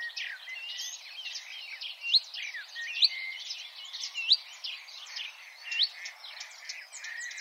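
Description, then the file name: Marsh warbler delivering a steady flow of scratchy chatter and varied whistled notes, punctuated by several sharp high upward flicks. "suara kicauan burung marsh warbler. omkicau"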